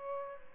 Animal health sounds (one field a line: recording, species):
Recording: mosquito wingbeat signal from an infrared sensor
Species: Aedes aegypti